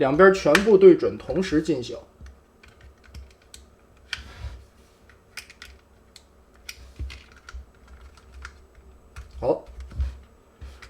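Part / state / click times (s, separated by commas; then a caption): two plastic clips into the toy's body sockets / seated / 3.5 s, 4.1 s, 5.6 s, 6.7 s, 7.5 s, 8.5 s. Someone talks at the start while lining up two plastic clips on a Star Toys ST-01 "Lightning" transforming robot toy with the sockets in its body. The clips are then pushed in, giving sharp clicks at 3.5, 4.1, 5.6, 6.7, 7.5 and 8.5 seconds. Both clips end up fully seated in place.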